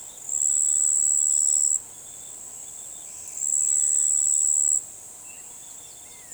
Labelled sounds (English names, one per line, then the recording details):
none
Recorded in forest near Pivijay, Magdalena, Colombia, on 13 April 2023 at 06:00
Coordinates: 10.467, -74.380
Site Z5-G034